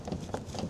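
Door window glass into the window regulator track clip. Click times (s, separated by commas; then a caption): 0.3 s, 0.6 s. The door window glass of a 2022 Dodge Ram truck is slid along the window regulator track until the track clip finds the hole in the glass. Soft sliding taps are followed by sharp snaps at 0.3 s and 0.6 s. The glass is seated in the regulator track clip.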